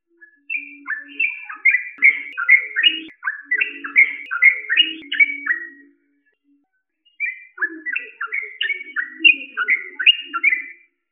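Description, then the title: Yellow-vented bulbul singing a fast, bubbly run of chirped and slurred notes rising and falling. Two long phrases are broken by a short pause, with soft low chatter underneath. Song in the ropel style. "Trucukan Ropel"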